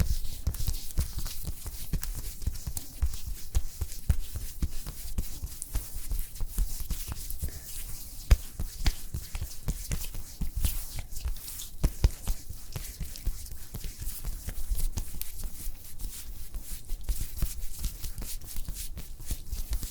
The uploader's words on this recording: ASMR After Sun Facial Care Cooling SPA Treatment (Layered + No Talking).